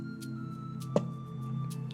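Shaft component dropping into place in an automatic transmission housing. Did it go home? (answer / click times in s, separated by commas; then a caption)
yes / 1.0 s. Inside a Mercedes-Benz 722.6 automatic transmission housing, a metal shaft part is turned until it drops down and seats. A single metal-on-metal clunk is heard at 0.96 s over steady background music and hum. The part is seated.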